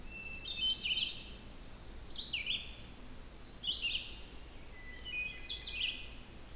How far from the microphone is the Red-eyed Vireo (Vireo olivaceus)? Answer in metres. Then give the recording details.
about 35 m. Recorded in boreal forest in Alberta, Canada, on 16 June 2016 at 07:00. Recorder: SongMeter 3, array SBT-3-32. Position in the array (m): 36 m, 9 m